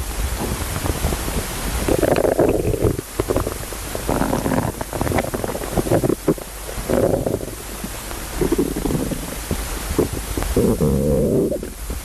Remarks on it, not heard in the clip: The stomach rumbles of folk singers. The sound of my stomach.